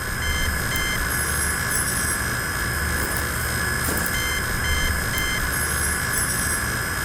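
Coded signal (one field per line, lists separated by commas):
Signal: unidentified radio signal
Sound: steady stream of short high beeps, about two per second, over constant hiss and hum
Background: background noise, hum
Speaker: It can also be located by sound if you get close enough to it. It sounds like this.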